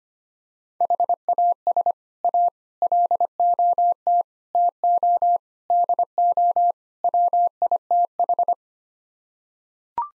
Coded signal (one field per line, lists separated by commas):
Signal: Morse code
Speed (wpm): 25 wpm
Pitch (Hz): 700 Hz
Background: none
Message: HAS A LOT TO DO WITH